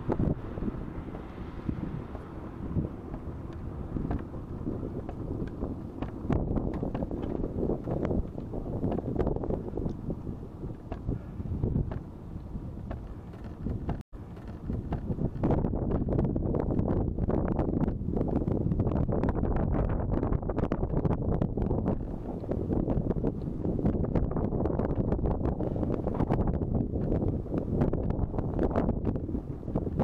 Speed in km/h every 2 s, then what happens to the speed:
9, 9, 8, 9, 10, 9, 9, 10, 10, 10, 10, 10, 10, 9, 9.
0-30 steady at about 9.